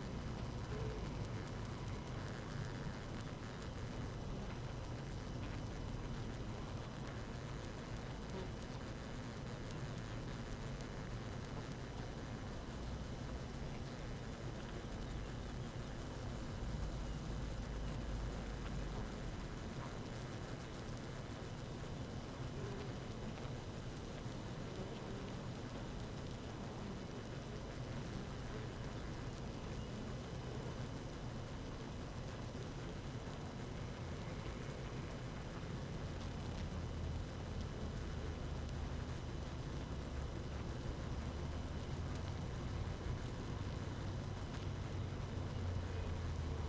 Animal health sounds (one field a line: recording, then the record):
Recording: honeybee colony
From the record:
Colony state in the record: active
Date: 12 June 2018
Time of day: 6:16